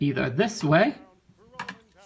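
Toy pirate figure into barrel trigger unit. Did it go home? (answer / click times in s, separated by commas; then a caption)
yes / 1.6 s. Someone talks, then a plastic toy pirate figure is pushed down into the barrel's internal trigger unit, whose slits hold it in one position. It clicks into place at 1.6 s, followed by a smaller tick at 1.7 s. The pirate is seated in the first of the only two ways it can click in.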